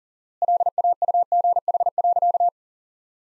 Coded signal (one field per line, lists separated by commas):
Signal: Morse code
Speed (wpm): 40 wpm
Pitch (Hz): 700 Hz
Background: none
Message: LAUGH.